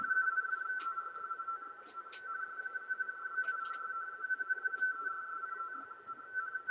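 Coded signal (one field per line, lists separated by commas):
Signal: RTTY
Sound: steady rapid warble between two close tones, continuous throughout, with occasional crackles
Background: radio static crackles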